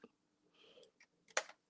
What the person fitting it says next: I don't know if you can hear those clicks, but it's very satisfying in person.